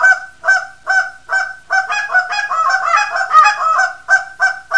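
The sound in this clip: Canada goose honking, loud nasal honks repeated rapidly about twice a second, several birds overlapping in a busy chorus midway before single honks resume.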